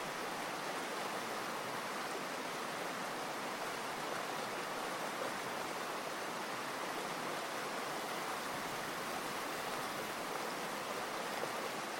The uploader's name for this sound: Fountain Creek